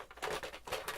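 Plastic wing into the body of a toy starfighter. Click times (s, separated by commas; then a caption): 0.7 s, 0.9 s. A plastic wing is pressed onto the three pegs on the side of a toy starfighter's body. Short bursts of plastic contact lead to snaps at about 0.7 s and 0.9 s as the wing seats onto the ship's body.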